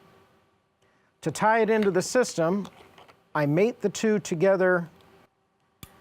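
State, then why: Seated. An interface cable connector is mated to the accessory connector on the back of a two-way radio and turned until the twist-lock engages. Someone talks, then after a pause a single sharp, short click at 5.8 s marks the connector locking home, seated and ready to go into the system.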